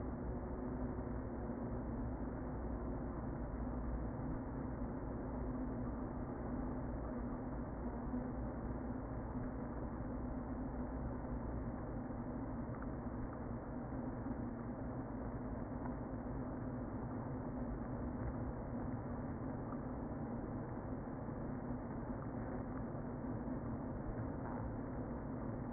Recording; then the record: honeybee colony, microphone inside the hive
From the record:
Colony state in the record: queen present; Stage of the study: before two queens were removed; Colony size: about 60,000 bees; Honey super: yes